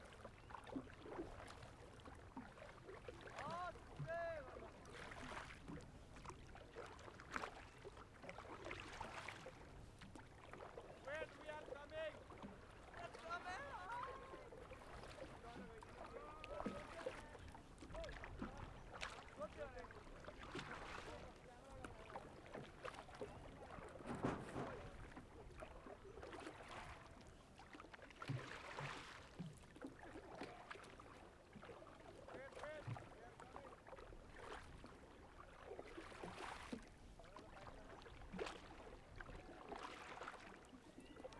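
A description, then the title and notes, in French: A rowing boat crosses Lake Phewa at Pokhara toward the ghat, with water sloshing and splashing steadily against the hull throughout. Voices talk on and off over the water, and brief knocks and splashes from the oars recur every few seconds. En barque. Traversée du Lac Fewa (Pokhara) et arrivée au ghat de Bahari.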